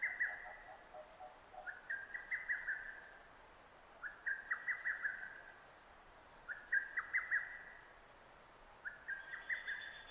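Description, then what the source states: Lesser cuckoo song: a rapid run of sharp, staccato whistled notes, repeated about every two to three seconds; a lower chattering sound briefly at the start. Recorded on 6 June 2009.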